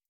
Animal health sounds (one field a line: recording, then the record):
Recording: hydrophone in a shrimp aquaculture tank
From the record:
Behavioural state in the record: starved